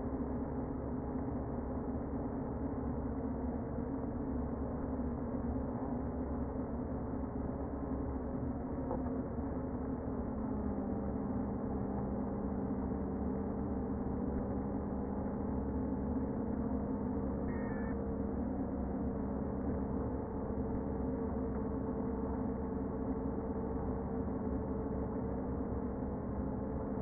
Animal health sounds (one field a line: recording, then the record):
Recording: honeybee colony, microphone inside the hive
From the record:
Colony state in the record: queen present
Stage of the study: before two queens were removed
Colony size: about 60,000 bees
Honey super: yes